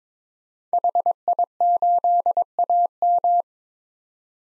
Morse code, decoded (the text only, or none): HI8AM